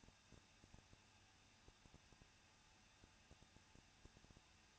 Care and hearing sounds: daily activity, microphone in the room; no activity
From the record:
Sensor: 2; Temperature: 21.0 degrees Celsius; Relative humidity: 37.3%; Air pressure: 1006.3 hPa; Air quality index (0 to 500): 221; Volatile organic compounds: 23 ppm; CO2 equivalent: 2792 ppm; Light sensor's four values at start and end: 2/3/2/2 and 2/3/2/2

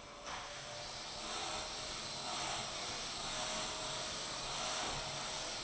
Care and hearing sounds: daily activity, microphone in the room; vacuum cleaning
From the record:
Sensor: 5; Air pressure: 1002.1 hPa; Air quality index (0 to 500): 211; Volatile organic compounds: 21 ppm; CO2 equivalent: 2737 ppm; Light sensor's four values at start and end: 10/23/9/10 and 10/23/9/10

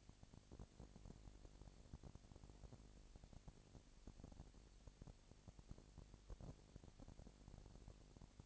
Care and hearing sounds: daily activity, microphone in the room; no activity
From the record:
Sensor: 5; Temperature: 20.1 degrees Celsius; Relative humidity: 38.2%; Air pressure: 998.9 hPa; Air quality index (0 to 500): 218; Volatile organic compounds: 24 ppm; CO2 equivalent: 2814 ppm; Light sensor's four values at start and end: 2/3/1/1 and 2/3/1/1

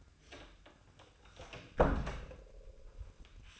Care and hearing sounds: daily activity, microphone in the room; close door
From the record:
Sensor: 2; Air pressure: 1004.7 hPa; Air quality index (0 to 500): 73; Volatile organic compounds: 1 ppm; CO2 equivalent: 871 ppm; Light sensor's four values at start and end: 7/16/6/7 and 7/16/6/7

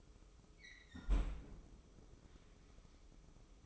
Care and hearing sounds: daily activity, microphone in the room; close fridge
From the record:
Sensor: 1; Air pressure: 995.3 hPa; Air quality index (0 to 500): 25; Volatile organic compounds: 1 ppm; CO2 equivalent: 504 ppm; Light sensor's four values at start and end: 18/59/22/24 and 18/59/22/23

